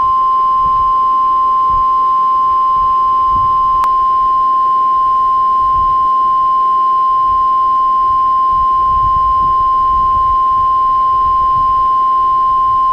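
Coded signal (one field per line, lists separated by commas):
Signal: Emergency Alert System (SAME) tones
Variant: 1050 Hz attention tone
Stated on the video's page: Simulated EAS alert tones for a mock North Carolina thunderstorm warning scenario.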